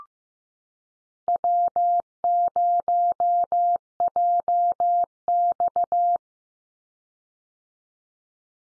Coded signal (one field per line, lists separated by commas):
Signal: Morse code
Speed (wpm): 15 wpm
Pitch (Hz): 700 Hz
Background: none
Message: W0JX